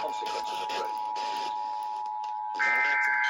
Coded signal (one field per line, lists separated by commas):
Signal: Emergency Alert System (SAME) tones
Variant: 853 and 960 Hz attention tone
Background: speech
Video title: The Last GA RMT of 2021 (EAS #529-543)